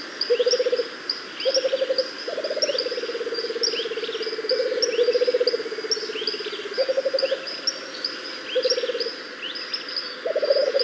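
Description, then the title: Rufous-capped motmot producing deep pulsed trills, short bursts alternating with a long sustained rattling phrase, while high chirps and sliding notes continue behind. "LuckyPassaro Completos2Sama. Rufous-capped Motmot (Baryphthengus ruficapillus)"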